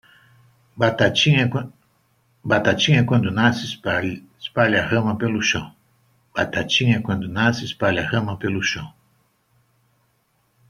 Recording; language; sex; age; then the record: short text; Brazilian Portuguese; male; 70 to 79 years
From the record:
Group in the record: control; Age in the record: 70 years